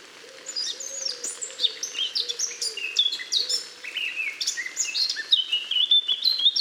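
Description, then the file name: Eurasian blackcap song: fast, continuous chattering warble of mixed high notes, with a lower repeated hum-like sound running underneath. "Sylvia atricapilla"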